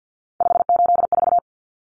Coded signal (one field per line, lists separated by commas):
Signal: Morse code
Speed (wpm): 50 wpm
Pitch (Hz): 700 Hz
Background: none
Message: 584